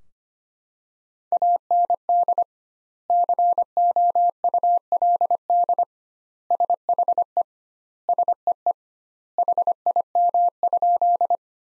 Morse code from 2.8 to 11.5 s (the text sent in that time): COULD SHE SEE HIM?